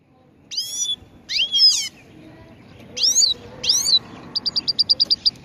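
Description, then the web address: Chegolín sings two pairs of swooping, buzzy slurred phrases, then a rapid even series of short sharp chirps. Morning song, bird on the roof of a house. "el canto matutino del chegolin en el tejado de casa"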